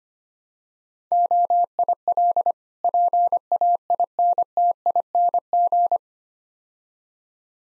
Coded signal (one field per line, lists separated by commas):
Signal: Morse code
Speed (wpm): 25 wpm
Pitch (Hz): 700 Hz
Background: none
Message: OIL PAINTING